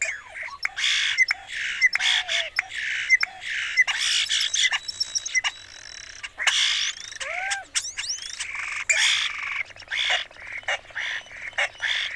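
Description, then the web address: European starling with varied song: squeaky whistles, looping slurred notes, clicking rattles and buzzy squawks run together. "Songs of Birds of North America Know Your Bird Sounds Common Western Species. European Starling"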